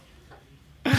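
A single short, abrupt cough bursts out after near-silence, cut off at the end; a dry adult cough.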